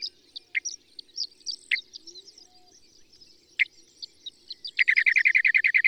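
Bird song with scattered short chirps and tweets, a few louder notes, then a rapid even series of bright repeated notes at the end, over a faint steady background hum.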